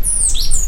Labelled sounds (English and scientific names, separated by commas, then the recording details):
Stitchbird (Notiomystis cincta) song
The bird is a male
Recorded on Tiritiri Matangi Island, New Zealand, in 2005
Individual 2, of nest box 2